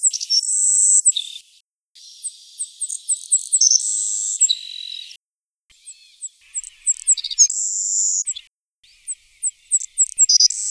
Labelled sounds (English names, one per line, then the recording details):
Savannah Sparrow song
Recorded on Kent Island, New Brunswick, in 2010